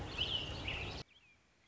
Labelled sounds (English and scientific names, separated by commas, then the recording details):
American Robin (Turdus migratorius)
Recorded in Sonoma County, California